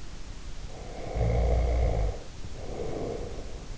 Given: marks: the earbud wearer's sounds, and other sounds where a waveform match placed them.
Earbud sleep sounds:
sounds in sleep by an in-ear microphone; snoring breath
0.64-3.78 s: snoring breath

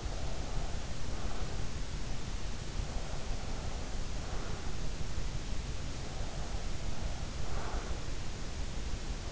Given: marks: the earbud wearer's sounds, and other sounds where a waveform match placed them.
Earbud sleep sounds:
sounds in sleep by an in-ear microphone; breath
0.00-1.66 s: breath
3.03-4.82 s: breath
6.06-8.17 s: breath

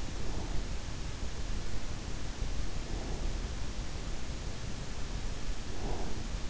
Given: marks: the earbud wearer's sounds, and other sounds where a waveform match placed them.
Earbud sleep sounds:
sounds in sleep by an in-ear microphone; breath
0.00-0.64 s: breath
2.81-3.48 s: breath
5.68-6.23 s: breath

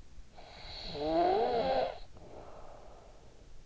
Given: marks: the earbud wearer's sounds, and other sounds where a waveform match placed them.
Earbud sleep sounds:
sounds in sleep by an in-ear microphone; snoring breath
0.26-3.66 s: snoring breath

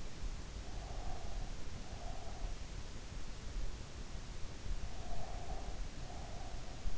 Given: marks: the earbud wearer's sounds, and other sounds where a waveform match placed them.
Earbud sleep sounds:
sounds in sleep by an in-ear microphone; breath
0.58-2.64 s: breath
4.93-6.93 s: breath

